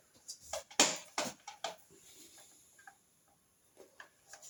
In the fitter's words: it's not quite clicked in there.